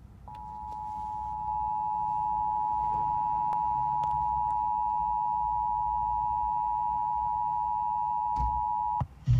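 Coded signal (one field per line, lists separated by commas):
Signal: Emergency Alert System (SAME) tones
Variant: 853 and 960 Hz attention tone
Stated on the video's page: Rare National Periodic Test of the EAS.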